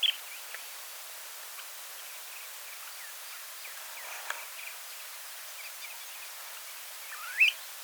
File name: Snowy plover